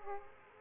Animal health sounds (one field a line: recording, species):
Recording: mosquito wingbeat signal from an infrared sensor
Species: Aedes aegypti